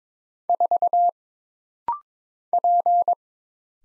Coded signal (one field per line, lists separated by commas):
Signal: Morse code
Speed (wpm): 22 wpm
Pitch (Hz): 700 Hz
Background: none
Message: 4 P